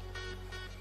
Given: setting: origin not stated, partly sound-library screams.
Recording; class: one-second piece from a danger detection set; normal situation